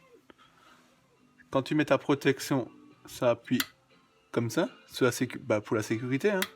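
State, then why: Not seated. The guard on a Scheppach HMS1070 planer-jointer is being pressed toward its safety interlock switch while someone talks. The machine will not run until that switch engages, and nothing has seated or clicked yet.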